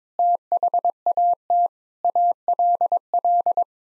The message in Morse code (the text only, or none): THAT ALL